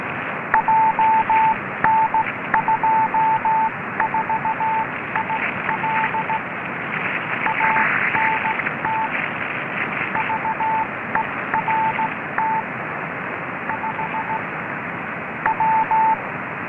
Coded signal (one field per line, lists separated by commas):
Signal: Morse code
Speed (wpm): 16 wpm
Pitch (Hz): 880 Hz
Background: radio noise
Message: JN24IL ANT VERT 5W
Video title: F5ZUU Beacon 28 241,50 MHz